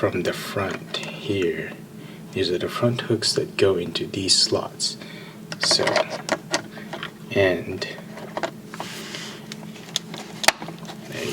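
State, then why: Seated. A plastic gimbal cover is fitted onto a DJI Mavic Pro drone body: its front hooks go into their slots, then the cover is pressed down. Someone talks over light plastic handling and small taps. The rear tab snaps into place with a sharp click at 10.5 s, and the cover is seated.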